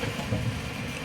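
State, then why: Not seated. An installer handles the glass door of a CCTV network cabinet as he closes it to lock it shut. There is only a steady low rumble with broadband noise and no distinct click. Nothing has seated or locked yet by the end of the clip.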